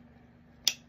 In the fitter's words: and wait for the click